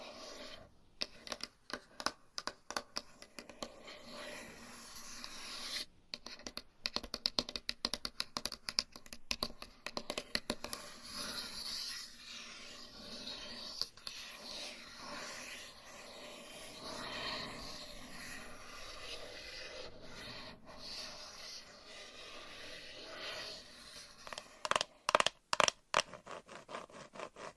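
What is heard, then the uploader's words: Scratching and rubbing fills the recording with a dense, bristly texture that swells and eases without stopping. Sharp taps cut through repeatedly, clustered in the first ten seconds and again in a quick burst around twenty-five seconds. ASMR Changing Triggers Every 30 Seconds Scratching , Tapping , Massage & More No Talking.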